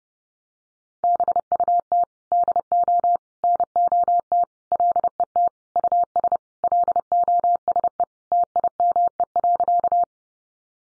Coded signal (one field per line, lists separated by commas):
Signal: Morse code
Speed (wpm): 30 wpm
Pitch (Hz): 700 Hz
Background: none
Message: BUT DO NOT LET US LOSE TIME.